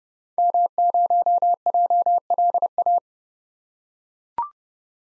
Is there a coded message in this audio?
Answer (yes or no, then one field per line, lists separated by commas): yes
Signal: Morse code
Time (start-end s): 0.4-3.0 s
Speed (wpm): 30 wpm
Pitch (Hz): 700 Hz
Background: none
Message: M0JLA